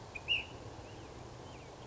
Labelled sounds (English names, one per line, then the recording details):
Ash-throated Flycatcher
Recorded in Sonoma County, California